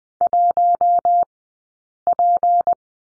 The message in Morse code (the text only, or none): 1P